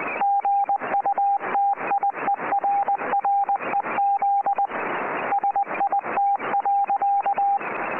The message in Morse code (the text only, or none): GUTIERREZ SIT.